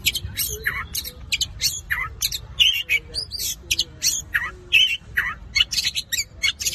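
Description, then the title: Long-tailed shrike song mixing harsh raspy notes with short whistled slurs, delivered in rapid bursts with brief pauses, varied throughout. Combination song style (kombinasi). "Cendet Kombinasi"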